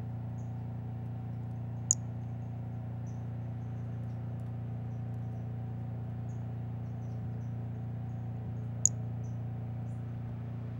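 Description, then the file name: White-lined pumpkin toadlet calling, two brief piercing high notes about seven seconds apart over a constant low drone and scattered faint chirps. "Brachycephalus albolineatus"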